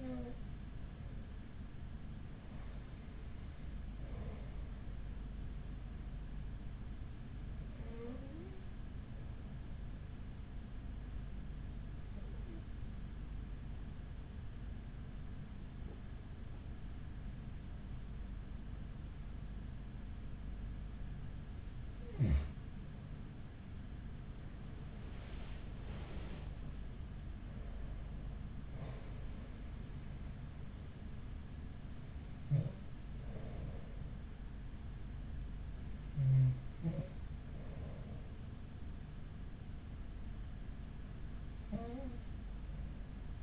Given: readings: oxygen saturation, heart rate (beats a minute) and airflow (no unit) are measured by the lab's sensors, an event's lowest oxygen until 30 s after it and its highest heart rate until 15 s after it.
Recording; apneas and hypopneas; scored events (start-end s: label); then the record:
breathing in sleep by a smartphone at the bedside; 1
12.00-28.20 s: hypopnea (N2, oxygen 94% highest, then 93% lowest, heart rate 42 at the start, 53 highest)
From the record:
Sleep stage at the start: N2 (light sleep); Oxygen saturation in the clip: 93 to 94%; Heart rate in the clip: 42 to 53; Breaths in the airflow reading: 10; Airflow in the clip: -6.7 to 7.4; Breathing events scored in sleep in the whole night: 207 in 7.6 hours asleep